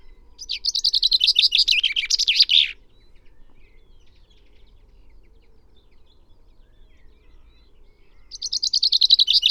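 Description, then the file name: Common chaffinch singing a rapid, descending trill that ends in a flourish, then a long quiet pause before the next phrase starts and is cut short. "Fringilla coelebs"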